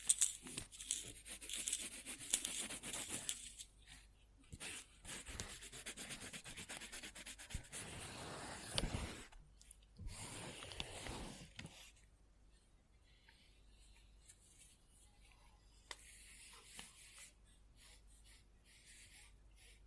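Scribbling on paper: quick, scratchy pen strokes come in dense bursts through the first twelve seconds, with brief gaps and a louder rubbing stretch near nine seconds. After that the strokes turn sparse and faint, with occasional light scratches until the end.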